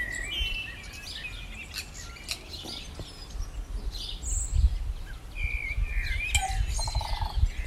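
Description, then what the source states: Several birds chirping and whistling together, bright trills and short phrases overlapping, with a noticeable low rumbling background. Morning.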